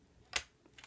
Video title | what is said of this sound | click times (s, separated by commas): Copy of Inspiron 1545 Power Jack DC Board Repair | and it should go all the way in and then what you do is just push it down and you'll hear it click into spot | 0.4 s